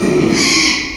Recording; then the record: squeal of a Yucatan mini pig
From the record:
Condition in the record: after surgery on the right vocal fold (resection and tissue-engineered implant); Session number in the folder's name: 2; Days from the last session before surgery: 13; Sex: male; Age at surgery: 12 weeks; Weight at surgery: 13 kg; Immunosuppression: cyclosporine, prednisolone